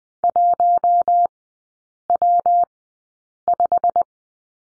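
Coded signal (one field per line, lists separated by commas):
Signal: Morse code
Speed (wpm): 20 wpm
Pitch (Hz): 700 Hz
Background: none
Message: 1W5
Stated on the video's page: Morse code course lesson drilling the letter W in three-character groups at Farnsworth 20/10 wpm.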